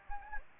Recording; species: mosquito wingbeat signal from an infrared sensor; Anopheles gambiae